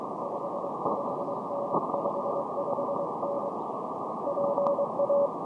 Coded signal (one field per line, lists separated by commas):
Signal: Morse code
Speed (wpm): 18 wpm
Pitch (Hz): 560 Hz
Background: radio noise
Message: 55N 55N PA